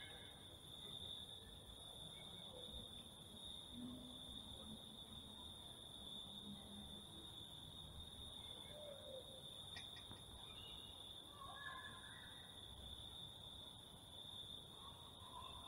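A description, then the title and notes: Night sounds in a forest: a steady, dense wall of insect and cricket trilling holds a constant high whine throughout. Low murmuring tones drift underneath, and a few faint calls rise and fall around seconds 9 and 12, with a brief click near 10. Night Sounds in Forest.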